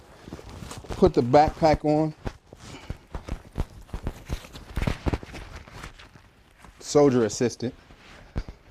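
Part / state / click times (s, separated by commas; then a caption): ammunition feed chute into machine gun feed / not seated / none. An ammunition feed chute from a backpack ammo carrier is handled at a machine gun's feed area while someone talks, with scattered short metallic taps and rattles throughout. The chute has not yet snapped or seated into place by the end of the clip.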